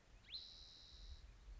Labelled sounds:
Spotted Towhee (Pipilo maculatus)
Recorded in Sonoma County, California

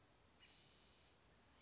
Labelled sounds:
Western Flycatcher (Empidonax difficilis)
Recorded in Sonoma County, California

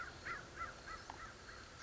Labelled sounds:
American Crow (Corvus brachyrhynchos)
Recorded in Sonoma County, California

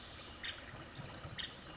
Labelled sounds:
Nuttall's Woodpecker (Dryobates nuttallii)
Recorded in Sonoma County, California

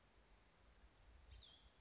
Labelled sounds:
Cassin's Vireo (Vireo cassinii)
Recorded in Sonoma County, California

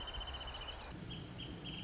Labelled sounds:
Wrentit (Chamaea fasciata)
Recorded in Sonoma County, California

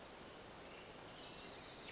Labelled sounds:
Wilson's Warbler (Cardellina pusilla)
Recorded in Sonoma County, California

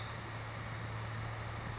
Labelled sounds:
California Towhee (Melozone crissalis)
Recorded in Sonoma County, California

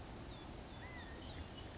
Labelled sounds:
California Quail (Callipepla californica)
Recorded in Sonoma County, California

